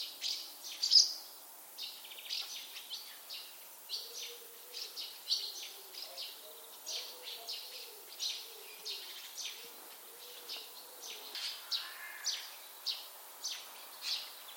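Bird giving bright, high chirps repeated roughly twice a second throughout, against soft background noise and a faint low tone in the middle section.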